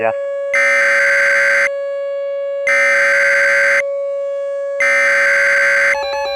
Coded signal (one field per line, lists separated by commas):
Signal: Emergency Alert System (SAME) tones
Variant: header bursts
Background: speech